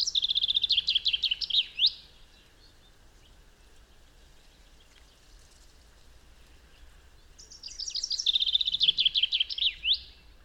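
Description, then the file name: Common chaffinch gives two songs, the first cut off at the start, each a descending trill ending in a flourish, with a quiet pause between them. "Fringilla coelebs"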